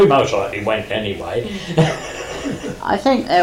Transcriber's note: laughs